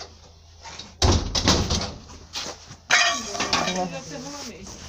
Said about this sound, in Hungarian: Na csukd be az ajtót, most meg hova szaladsz a rófaszba?